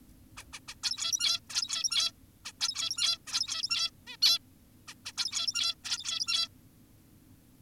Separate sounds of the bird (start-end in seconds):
0.37-0.44, 0.53-0.60, 0.68-0.75, 0.84-1.40, 1.50-2.12, 2.45-2.52, 2.60-3.18, 3.28-3.91, 4.07-4.17, 4.22-4.39, 4.88-4.94, 5.06-5.12, 5.18-5.75, 5.85-6.48